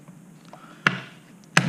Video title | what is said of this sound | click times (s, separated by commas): Top box mount replacement | you like click back into position and see that the plug is in position there as well and | 0.9 s, 1.6 s